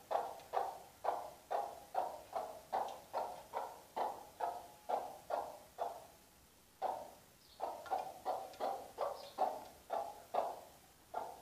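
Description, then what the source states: Chicken giving repeated short, low clucks about twice a second, with a brief pause midway before the series resumes. Hen.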